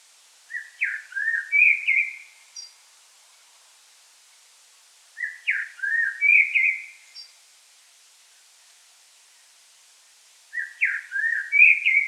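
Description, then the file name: Common blackbird repeating a rich fluted phrase about every five seconds. "Turdus merula"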